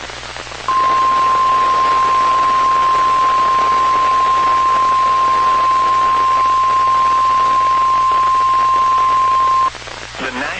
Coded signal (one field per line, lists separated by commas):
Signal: Emergency Alert System (SAME) tones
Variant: 1050 Hz attention tone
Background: speech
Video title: EAS: After Several Decades NWS Chanhassen/Twin Cities Ends Live Voice NOAA Weather Radio Testing